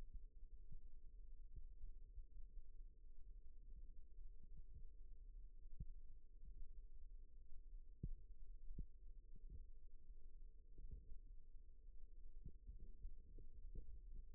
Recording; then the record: forearm muscle sounds (acoustic myography)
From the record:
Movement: rest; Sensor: system 2, bracelet of six BSWA MPA416 microphones around the upper forearm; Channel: 4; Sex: male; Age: 22 years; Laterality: right